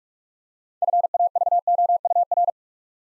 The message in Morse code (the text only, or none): FAVOUR